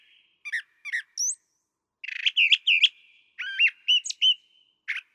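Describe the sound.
Brown thrasher song with short paired chirps, a burst of harsh buzzy notes, then warbled slurred phrases and a final lone chip, set against a quiet background.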